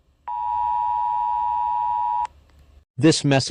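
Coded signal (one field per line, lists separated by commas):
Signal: Emergency Alert System (SAME) tones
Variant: 853 and 960 Hz attention tone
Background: speech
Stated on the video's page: Fictional EAS scenario.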